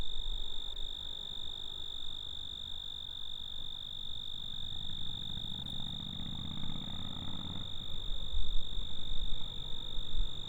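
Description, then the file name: Cricket giving a steady, unbroken high-pitched trill throughout, with soft low rumbling noise underneath. "Grillo (Cricket)"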